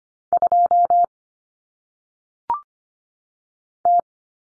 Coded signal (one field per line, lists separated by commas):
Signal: Morse code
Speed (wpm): 25 wpm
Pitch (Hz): 700 Hz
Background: none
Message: 2 T